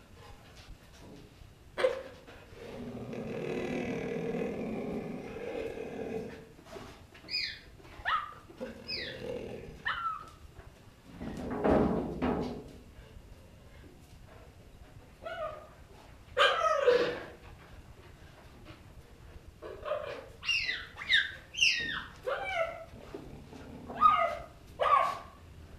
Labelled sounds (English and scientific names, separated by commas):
Cheetah (Acinonyx jubatus) call